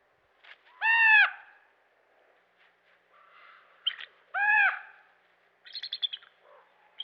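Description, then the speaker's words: Common raven calls: two loud, hoarse croaks a few seconds apart, with softer calls between. Several common ravens harassing a bald eagle on its nest; western North America. "Here's an interesting situation. Several common ravens are harassing a bald eagle on the nest."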